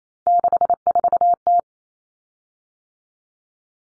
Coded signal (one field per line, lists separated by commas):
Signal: Morse code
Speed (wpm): 28 wpm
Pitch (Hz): 700 Hz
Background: none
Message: 64T